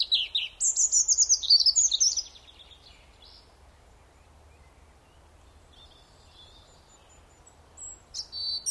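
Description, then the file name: European robin song: a rich phrase of rapid high notes, then a quiet stretch and a few high notes toward the end. "Erithacus rubecula"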